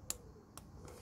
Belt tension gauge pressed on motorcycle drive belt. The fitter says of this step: press till it clicks